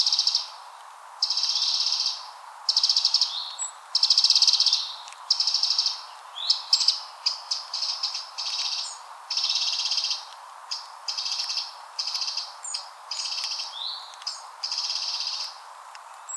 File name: Troglodytes troglodytes